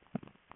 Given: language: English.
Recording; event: throat vibration sensor signal played as sound; swallow